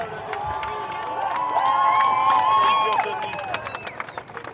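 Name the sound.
crowd cheering and shouting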